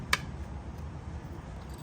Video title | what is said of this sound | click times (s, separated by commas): Installing Airless Honeycomb Front Wheel Tire on GOTRAX Apex Pro installation Instructions tutorial | And this clicks into place. There we go. | 0.1 s